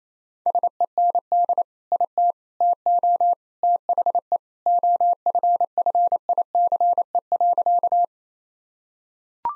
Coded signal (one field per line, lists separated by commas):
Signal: Morse code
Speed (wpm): 28 wpm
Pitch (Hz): 700 Hz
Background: none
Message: SEND IT TO THE OFFICE.